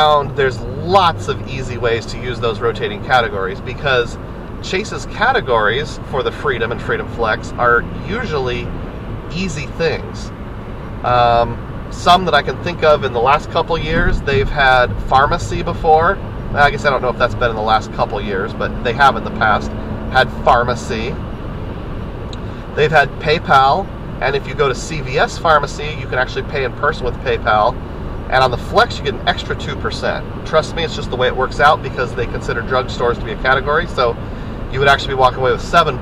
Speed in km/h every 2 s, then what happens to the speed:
61, 69, 71, 74, 77, 79, 81, 81, 82, 85, 85, 87, 87, 87, 90, 90, 92, 93.
0-33 speeds up to 93.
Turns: none.